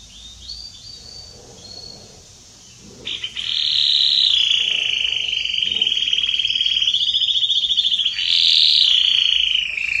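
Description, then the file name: Canary song opening with a few soft high notes, then a loud continuous rolling trill that rises into a brighter, higher section near the end. Song of a red Belgian canary. "canto do canario belga vermelho"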